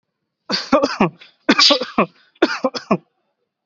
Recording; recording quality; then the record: heavy voluntary cough; excellent, no background noise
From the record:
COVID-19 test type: RT-PCR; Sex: male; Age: 19 years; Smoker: no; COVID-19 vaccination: both doses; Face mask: worn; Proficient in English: yes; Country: India